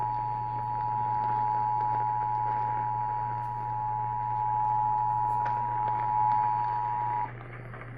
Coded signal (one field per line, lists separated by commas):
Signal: Emergency Alert System (SAME) tones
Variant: 853 and 960 Hz attention tone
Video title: Eas Fwd svr on WBAP-AM Eas#1975